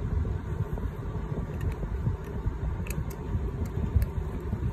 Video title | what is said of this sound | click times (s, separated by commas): ERT ASI BAC8000 NXT Sur Ron installation video | make sure it snaps in place it snaps | 4.0 s